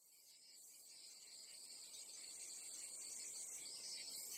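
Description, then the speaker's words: Cicada chirping, a high shrill buzzing drone that swells gradually louder and holds steady throughout. "这 是 蝉 鸣， 也 就 是 蝉 在 叫 的 声 音。 This is the sound of cicadas"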